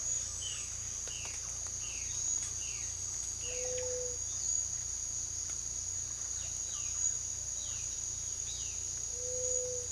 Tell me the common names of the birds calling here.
Violaceous Jay, Gray-fronted Dove, Piratic Flycatcher